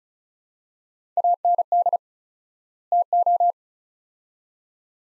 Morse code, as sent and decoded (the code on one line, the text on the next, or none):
.- -. -.. / - ---
AND TO